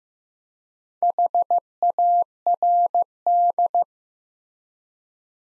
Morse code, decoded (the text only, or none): HARD